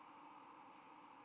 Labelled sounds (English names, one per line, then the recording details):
White-throated Sparrow flight call
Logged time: 05:31 on 10 November 2014